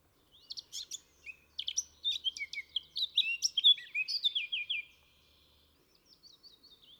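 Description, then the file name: Eurasian blackcap song, a fast jumble of twittering notes building into a bright, descending fluted flourish, then a few soft trailing notes. "Sylvia atricapilla"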